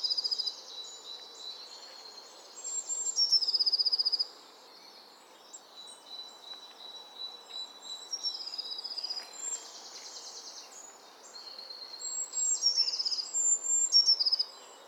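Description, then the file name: Eurasian blue tit giving high, thin notes and trills, with louder bursts around three and thirteen seconds and softer phrases between. "Cyanistes caeruleus"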